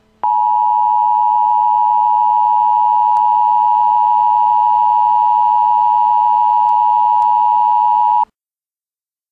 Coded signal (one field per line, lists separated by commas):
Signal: Emergency Alert System (SAME) tones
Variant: 853 and 960 Hz attention tone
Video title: A Nuclear Missile EAS Scenario: 400 Nukes